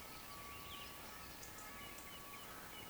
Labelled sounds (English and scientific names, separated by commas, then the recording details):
Eurasian Woodcock (Scolopax rusticola)
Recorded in Baden-Württemberg, Germany, on 16 June 2020 at 20:03 UTC
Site 14569, 102 m above sea level